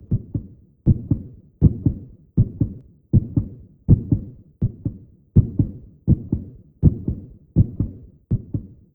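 Steady, low, muffled thumps come in paired beats, about 80 a minute, with a soft tail after each pair: a baby's heartbeat.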